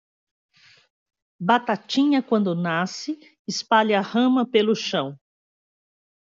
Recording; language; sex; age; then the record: short text; Brazilian Portuguese; female; 50 to 59 years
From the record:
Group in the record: control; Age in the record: 59 years